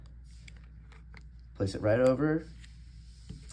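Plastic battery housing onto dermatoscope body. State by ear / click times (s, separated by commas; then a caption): not seated / none. The removed plastic battery housing of a DL200 dermatoscope is picked up and lined up over the dermatoscope body during a battery change, making faint small handling ticks in the first 1.2 seconds. Someone talks briefly in the middle of the clip. Nothing has snapped or clicked into place yet.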